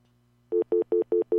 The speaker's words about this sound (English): That's a busy signal that goes into dial tone, but that means that you have a message. Oh, huh? When it goes boop, just, boop, boop, boop, at the beginning.